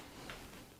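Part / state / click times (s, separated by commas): removable bottom dust filter into PC case underside / seated / 0.3 s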